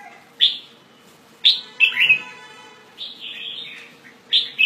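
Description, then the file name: Red-whiskered bulbul with clear, spaced chirped phrases, sharp slurred notes that drop in pitch, repeated every second or so, separated by quiet gaps. "Pycnonotus jocosus"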